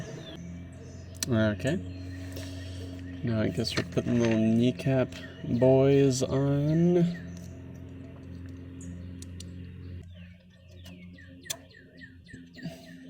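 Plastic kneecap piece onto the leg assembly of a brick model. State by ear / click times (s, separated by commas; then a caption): not seated / none. Someone talks while a small plastic kneecap piece is handled and pressed toward the leg of an AT-AT Walker building-toy brick model, set 75288, with music and a few light plastic ticks and taps in the background. Nothing has seated or clicked into place yet.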